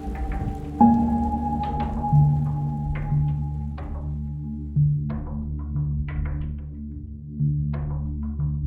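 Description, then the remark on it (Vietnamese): Heavy rain pours down on a cold, dark night in a steady wash, with scattered bursts of louder patter breaking through over a low, sustained hum. No one speaks. “Cả hai biến mất trong đêm đen lạnh lẽo, chỉ còn tiếng mưa rơi nặng hạt và tiếng sấm rền vang không ngớt.”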